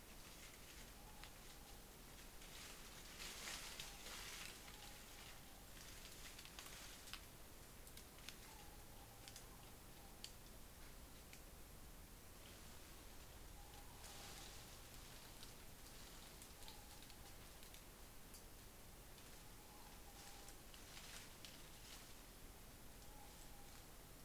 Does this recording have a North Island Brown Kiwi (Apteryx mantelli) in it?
no